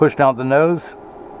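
A right prescription lens with blue light protection and anti-glare is handled into the plastic rim of a Ray-Ban 4165 Justin frame, tucked in at the outside corner and about to be pushed down at the nose. Someone talks briefly, then only a low, steady background hum remains. Nothing has seated or clicked yet.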